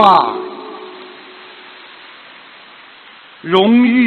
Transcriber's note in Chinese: 掌声